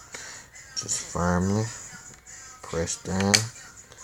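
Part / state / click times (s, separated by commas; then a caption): plastic screen bezel clip into laptop display lid / not seated / none. A plastic screen bezel clip on a laptop display lid is being handled and pushed down into position while someone talks. A short tap is heard at 0.2 s and a faint tick at 3.9 s, but nothing has seated or clicked yet; the part is not home.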